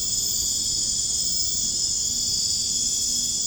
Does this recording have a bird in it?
no